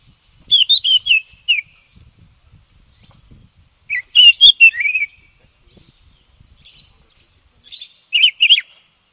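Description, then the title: Oriental magpie-robin song in three phrases of rapid, varied chirps and whistled slurs, roughly every three to four seconds. Black form (kacer hitam). "KACER HITAM"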